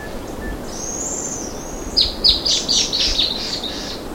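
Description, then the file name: Bird calls: a thin, high whistle held for about a second, then a quick run of sharp chirps, over steady background hiss. "SABIOD 50 bird 2015"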